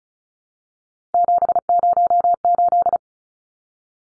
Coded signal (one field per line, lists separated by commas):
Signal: Morse code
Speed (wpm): 34 wpm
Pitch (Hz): 700 Hz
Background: none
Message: 708